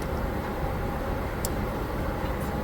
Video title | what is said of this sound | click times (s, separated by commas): An Educated Guess in Some Cases, May be the Answer! | there we go I don't know if you could hear it snap or not | 1.4 s